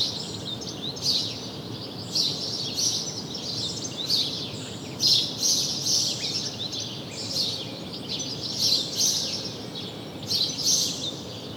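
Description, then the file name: House sparrow chatter, bursts of bright chirps rising and falling in loudness, with faint low hiss behind. "Passer domesticus"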